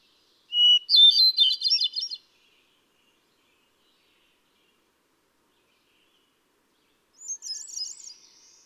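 Hermit thrush sings one flute-like phrase: a steady whistle, then a tumbling jumble. A softer, higher phrase follows several seconds later.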